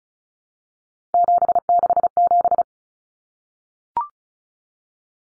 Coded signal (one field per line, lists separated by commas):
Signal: Morse code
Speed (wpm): 34 wpm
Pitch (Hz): 700 Hz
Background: none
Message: 767